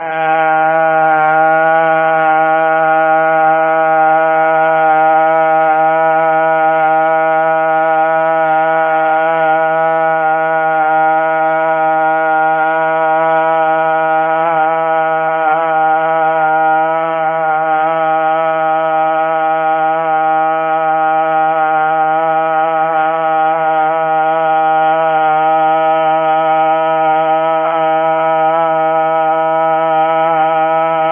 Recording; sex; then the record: sustained vowel /a/; male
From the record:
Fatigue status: no fatigue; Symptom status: asymptomatic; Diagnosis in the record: COVID-19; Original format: 3gp